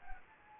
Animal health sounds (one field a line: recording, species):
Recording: mosquito wingbeat signal from an infrared sensor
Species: Anopheles gambiae